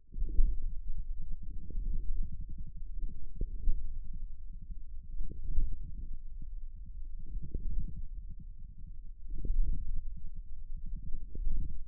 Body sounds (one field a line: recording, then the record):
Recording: forearm muscle sounds (acoustic myography)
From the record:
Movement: hand opening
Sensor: system 1, eight BSWA MPA416 microphones around the upper forearm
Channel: 8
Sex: male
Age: 41 years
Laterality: right